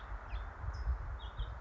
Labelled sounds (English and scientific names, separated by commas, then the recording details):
California Towhee (Melozone crissalis)
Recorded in Sonoma County, California